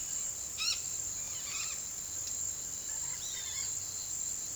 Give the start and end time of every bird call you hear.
0.57s-0.79s: bird call (0.8-6.3 kHz)
1.28s-1.79s: bird call (0.7-6.0 kHz)
3.14s-3.67s: bird call (0.8-5.8 kHz)

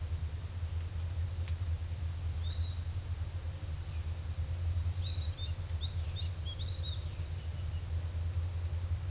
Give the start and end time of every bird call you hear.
2.43s-2.78s: bird call (3.2-4.6 kHz)
5.00s-6.96s: bird call (2.7-6.1 kHz)

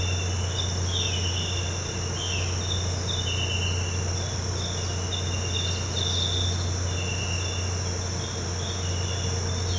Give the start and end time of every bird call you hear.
0.88s-1.44s: bird call (1.7-4.5 kHz)
2.11s-2.58s: bird call (1.9-3.8 kHz)
5.67s-6.71s: bird call (3.5-5.0 kHz)

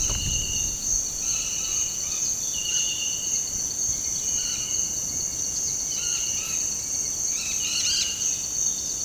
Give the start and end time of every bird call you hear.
5.96s-6.19s: bird call (0.8-2.4 kHz)
7.33s-8.06s: bird call (1.3-11.8 kHz)

